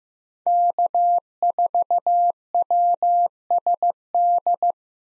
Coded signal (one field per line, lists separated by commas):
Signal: Morse code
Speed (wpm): 15 wpm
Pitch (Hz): 700 Hz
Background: none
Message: K4WSD